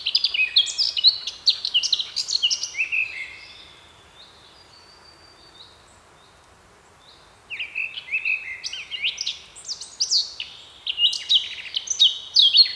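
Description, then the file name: Eurasian blackcap song in two bursts of fast varied warbling with high whistles, separated by about four seconds of near silence. "Sylvia atricapilla"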